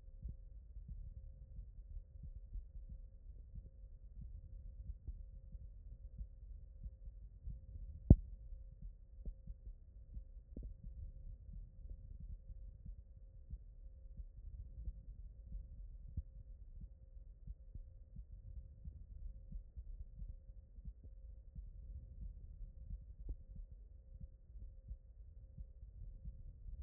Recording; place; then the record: heart sounds by stethoscope; aortic valve (AV)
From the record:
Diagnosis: non-HFrEF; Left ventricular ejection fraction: 58%